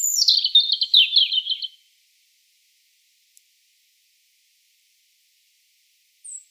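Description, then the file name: European robin song: a cascading phrase of rapid, thin, high trilled notes, followed by silence and one faint, very high whistle at the end. "Erithacus rubecula"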